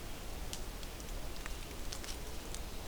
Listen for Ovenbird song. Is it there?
no